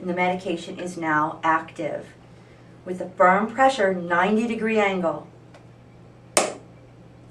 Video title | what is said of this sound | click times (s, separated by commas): SAU90 Annual Review Health Video | clear audible click | 6.4 s